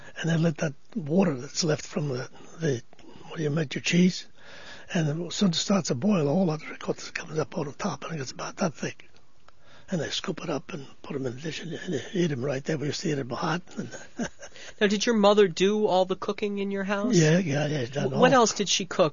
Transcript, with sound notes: and then let that water that's left from the, where you make the cheese, and it starts to boil, all the ricotta's coming up on the top, and it's about that thick, and they scoop it up and put it in a dish and you eat it right there. We used to eat it hot. ( he laughs )
Now, did your mother do all the cooking in your house?
Yeah, yeah.
What else did she cook?